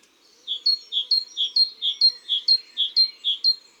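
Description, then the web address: Great tit song: seven bright two-note phrases repeated at a quick, regular pace. "la mesange charbonniere. cuicui et compagnie"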